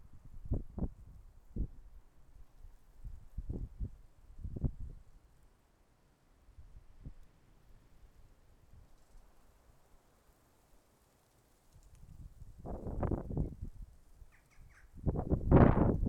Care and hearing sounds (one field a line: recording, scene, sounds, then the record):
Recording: everyday scene through a hearing-aid microphone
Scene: wind on the microphone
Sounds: wind, traffic, birds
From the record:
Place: suburban garden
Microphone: behind the ear, left, front